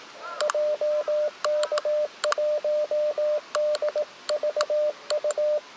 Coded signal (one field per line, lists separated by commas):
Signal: Morse code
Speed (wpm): 18 wpm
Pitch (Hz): 600 Hz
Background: radio noise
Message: JK1DVU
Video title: HF飛ばない日 V/U頼みのFT8 初心者CW 18WPM POTA 祖師谷公園 蘆花恒春園 2023/05/10 アマチュア無線 VLOG 273